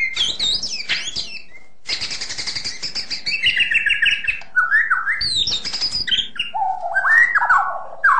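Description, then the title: Long-tailed shrike song, a rapid varied medley of whistled, chattering and scratchy phrases, jumping between high and lower pitches with short pauses. "Kicau Burung Pentet"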